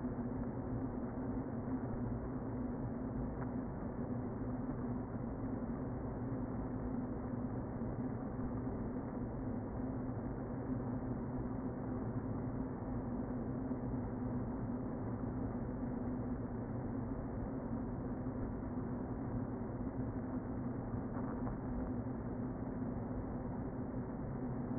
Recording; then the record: honeybee colony, microphone inside the hive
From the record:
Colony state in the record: queen present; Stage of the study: before two queens were removed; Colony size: about 60,000 bees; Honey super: yes